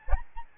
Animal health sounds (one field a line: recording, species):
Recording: mosquito wingbeat signal from an infrared sensor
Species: Aedes albopictus